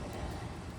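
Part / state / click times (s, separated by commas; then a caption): side mirror harness connector into the door wiring plug / not seated / none. A side mirror wiring harness connector is handled at the door's wiring plug of a 2015–2020 Ford F-150 XLT during a mirror replacement. Only steady, even broadband noise is heard, with no distinct hits. Nothing has seated or clicked yet.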